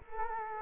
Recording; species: mosquito wingbeat signal from an infrared sensor; Culex quinquefasciatus